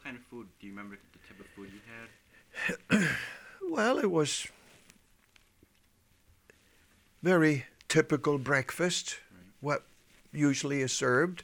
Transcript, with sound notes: Well, what kinds of food, do you remember the type of food you had?
Well, it was (he pauses) very typical breakfast. What usually is served.